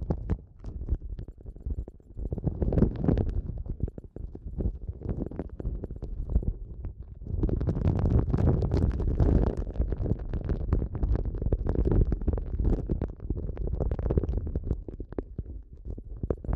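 Muffled rubbing and pressing sounds for an eardrum massage, thick and low with soft crackles and scratches running through. The texture stays dense throughout, easing a little between about four and seven seconds, then returning fuller and louder for the rest.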